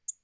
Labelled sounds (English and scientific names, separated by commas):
Tennessee Warbler (Leiothlypis peregrina) flight call